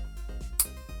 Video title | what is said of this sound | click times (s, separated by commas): Blind Box Build: Blokees - Super Sentai (Series 1) Part 1 of 5 | That was a satisfying click. | 0.6 s